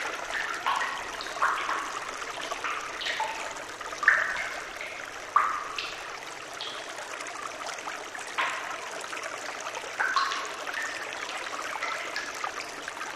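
Gently flowing water trickles steadily with a soft, bright wash, punctuated by occasional clearer drips and splashes, with little low rumble beneath.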